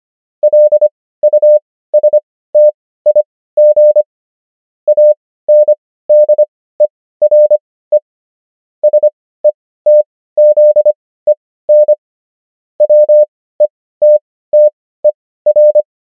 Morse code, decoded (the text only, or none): LUSTIG ANDERE SETZEN WETTER